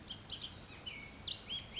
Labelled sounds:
Bullock's Oriole
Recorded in Sonoma County, California

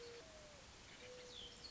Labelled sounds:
Mourning Dove
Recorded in Sonoma County, California

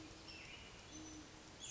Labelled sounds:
Great Horned Owl
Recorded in Sonoma County, California

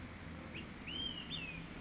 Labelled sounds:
Olive-sided Flycatcher
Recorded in Sonoma County, California

